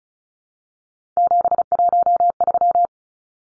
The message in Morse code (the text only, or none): 713